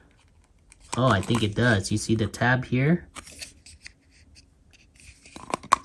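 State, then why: Seated. A clear plastic helmet dome is pressed onto an action figure's back/collar while someone talks, with soft handling rustles and taps. Its first side tab locks into place with a sharp snap at 5.7 s.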